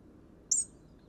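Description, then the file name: European robin uttering a single short, very high, thin call note over a faint low background hum. "Erithacus rubecula"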